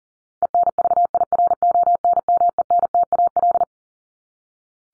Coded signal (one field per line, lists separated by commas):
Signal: Morse code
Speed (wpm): 38 wpm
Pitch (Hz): 700 Hz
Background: none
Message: ENVIRONMENTAL